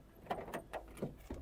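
A key is turned in the driver-side door lock of a Maruti Suzuki Wagon-R Tour H3 CNG to engage the manual central locking. The lock mechanism clicks sharply at 0.3 s, followed by fainter clunks around 0.5, 0.9–1.0 and 1.3 s. The central lock engages and the doors are locked.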